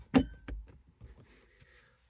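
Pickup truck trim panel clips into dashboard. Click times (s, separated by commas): 0.2 s, 0.5 s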